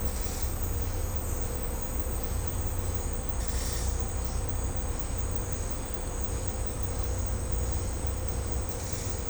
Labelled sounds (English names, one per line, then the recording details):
none
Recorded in secondary vegetation near Puerto Asís, Putumayo, Colombia, on 18 December 2024 at 11:30
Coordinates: 0.502, -76.326
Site G028